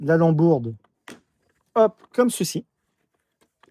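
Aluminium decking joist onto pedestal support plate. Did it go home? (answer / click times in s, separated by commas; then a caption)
yes / 1.1 s. An aluminium decking joist is pressed down and clipped onto a plastic support plate on a pedestal, giving a sharp snap at 1.1 s as it seats. Someone talks before and after the snap.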